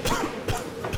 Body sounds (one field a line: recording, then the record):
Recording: coughing mixed with background sound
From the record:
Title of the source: Coughing 51